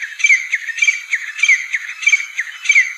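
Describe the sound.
Grey francolin call, harsh rhythmic notes rapidly repeated, each with a short descending tone, in a steady rolling series.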